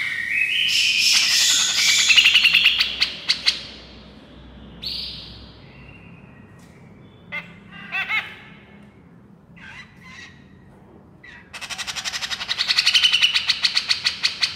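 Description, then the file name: Grey-cheeked bulbul song: a rapid burst of harsh, chattering notes, then scattered short chirps and whistles, ending with another loud fast chatter. Female bird. "suara cucak jenggot betina"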